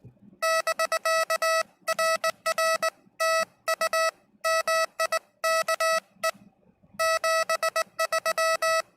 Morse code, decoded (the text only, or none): <BK> RR TU MIKE 73